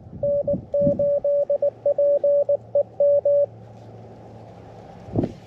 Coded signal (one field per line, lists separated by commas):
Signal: Morse code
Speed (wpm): 20 wpm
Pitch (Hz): 570 Hz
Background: radio noise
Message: N8PEM